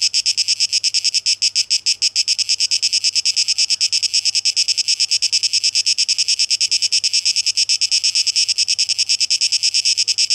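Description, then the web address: Cicadas buzzing in a harsh high hiss that throbs in quick, even pulses without pause. Recorded 12 August 2023; tape echo mix. "rauschpartikel 2023-08-12 Zikaden"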